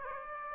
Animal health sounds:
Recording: mosquito wingbeat signal from an infrared sensor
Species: Aedes aegypti

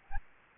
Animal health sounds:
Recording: mosquito wingbeat signal from an infrared sensor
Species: Aedes aegypti

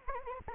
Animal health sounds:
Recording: mosquito wingbeat signal from an infrared sensor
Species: Anopheles arabiensis

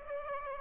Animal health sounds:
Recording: mosquito wingbeat signal from an infrared sensor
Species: Aedes aegypti

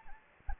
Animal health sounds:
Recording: mosquito wingbeat signal from an infrared sensor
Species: Anopheles gambiae

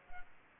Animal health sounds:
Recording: mosquito wingbeat signal from an infrared sensor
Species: Aedes aegypti

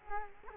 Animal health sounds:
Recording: mosquito wingbeat signal from an infrared sensor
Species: Culex quinquefasciatus

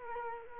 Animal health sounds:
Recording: mosquito wingbeat signal from an infrared sensor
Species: Culex quinquefasciatus

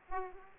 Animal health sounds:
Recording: mosquito wingbeat signal from an infrared sensor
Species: Aedes aegypti

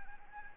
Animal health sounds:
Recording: mosquito wingbeat signal from an infrared sensor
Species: Anopheles gambiae

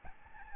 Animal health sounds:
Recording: mosquito wingbeat signal from an infrared sensor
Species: Aedes albopictus

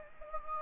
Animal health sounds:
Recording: mosquito wingbeat signal from an infrared sensor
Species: Anopheles gambiae

